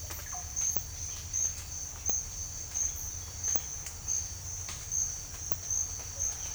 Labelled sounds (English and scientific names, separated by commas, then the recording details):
none
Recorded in secondary vegetation near Puerto Asís, Putumayo, Colombia, on 21 December 2024 at 07:00
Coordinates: 0.498, -76.327
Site GP07